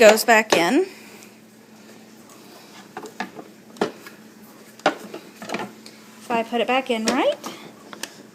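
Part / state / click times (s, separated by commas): removable part into soda maker body / seated / 7.9 s, 8.0 s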